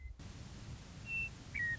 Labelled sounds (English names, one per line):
Western Meadowlark